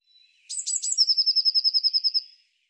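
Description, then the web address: Bird song: soft lead-in, then buzzy high notes and a rapid, regular trill of about a dozen high pulses. "cianscape birddata Deverinetal 2025 File cleaned normalized Bird Cy Ca"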